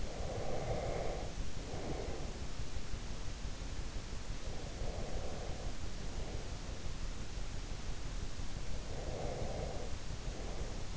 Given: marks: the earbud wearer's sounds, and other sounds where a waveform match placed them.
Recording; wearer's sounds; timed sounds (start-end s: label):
sounds in sleep by an in-ear microphone; breath
0.00-2.53 s: breath
4.25-7.05 s: breath
8.80-10.97 s: breath